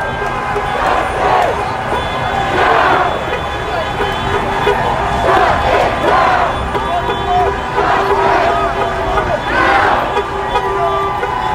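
Crowd at a peaceful protest in New York City, with voices rising in bursts about every two to three seconds, like rhythmic chanting. A constant low rumble of traffic and city noise runs underneath, and a steady murmur of talk fills the gaps.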